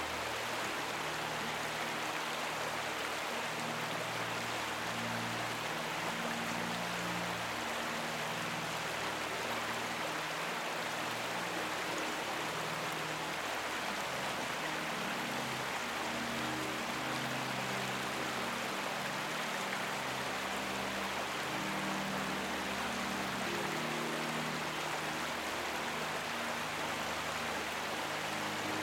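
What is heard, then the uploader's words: A stream rushes steadily under soft piano music. The water is a dense, even hiss that fills the whole half-minute without letup, while low, sustained piano notes and chords shift slowly every few seconds beneath it. Soothing Water | Peaceful Piano Music with Water Sounds. A soothing stream gently passing. A piano lullaby with atmospheric sounds in the background.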